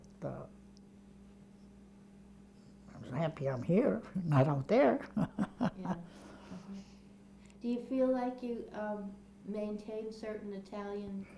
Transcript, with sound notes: But, uh, I'm happy I'm here, not there. ( she laughs )
Yeah. Okay. Do you feel like you maintain certain Italian